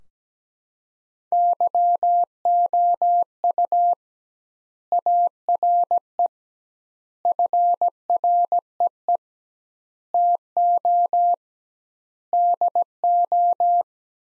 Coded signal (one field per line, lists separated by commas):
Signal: Morse code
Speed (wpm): 17 wpm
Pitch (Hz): 700 Hz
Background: none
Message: YOU ARE FREE TO DO